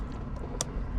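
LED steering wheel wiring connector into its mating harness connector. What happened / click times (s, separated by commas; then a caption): The wiring connector clicked into its mate / 0.6 s. The LED wiring connector of an aftermarket carbon fiber steering wheel is pushed into its mating plastic harness connector in a tight space, over a steady low background rumble. A single sharp click sounds at 0.6 s as the connector seats.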